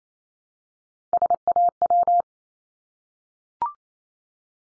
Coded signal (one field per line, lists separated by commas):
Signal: Morse code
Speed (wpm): 28 wpm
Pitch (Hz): 700 Hz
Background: none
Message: SAW